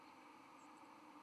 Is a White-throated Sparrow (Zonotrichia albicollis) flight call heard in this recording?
no